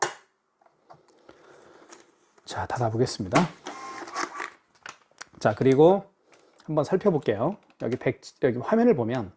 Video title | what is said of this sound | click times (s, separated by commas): 가장추천하는 KIS-2420 애플페이 전용 카드단말기 사용가이드 구매문의 1522-7221 | 그리고 그냥 눌러주면 딱 소리가 나요. | 0.0 s